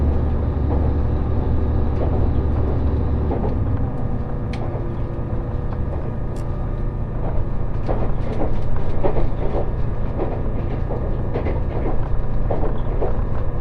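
Inside the Resort Shirakami No. 4 on the Gono Line between Fukaura and Iwadate, a steady low rumble of the train runs throughout, with a heavier drone in the first few seconds. Scattered clicks and rattles from the car come and go, growing busier after eight seconds.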